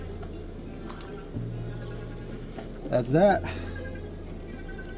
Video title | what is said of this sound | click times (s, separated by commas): 07 INFINITI G35 DOOR STOPPER INSTALL | it just literally just snaps back in. | 0.9 s, 1.0 s